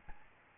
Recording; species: mosquito wingbeat signal from an infrared sensor; Aedes albopictus